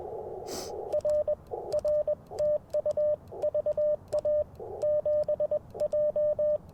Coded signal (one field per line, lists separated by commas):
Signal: Morse code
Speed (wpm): 21 wpm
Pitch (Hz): 600 Hz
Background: radio noise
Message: R R TU VA 7J